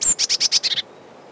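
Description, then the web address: Eurasian blue tit song: one thin, high, slightly falling whistle followed by a quick trill of about six buzzy notes, lasting under a second. Recorded in spring. "vremena vesna sinica lazorevka"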